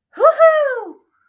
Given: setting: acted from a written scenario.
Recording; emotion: vocal sound without words; triumph